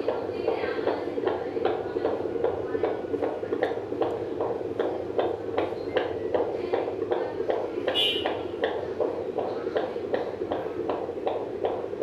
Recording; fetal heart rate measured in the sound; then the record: fetal heartbeat by stethoscope microphone, probably a fetal Doppler's sound; 155 bpm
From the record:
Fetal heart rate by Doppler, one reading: 150 bpm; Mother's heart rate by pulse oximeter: 100 bpm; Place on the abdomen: middle bottom of abdomen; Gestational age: 36+ weeks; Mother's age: 26 years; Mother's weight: 72 kg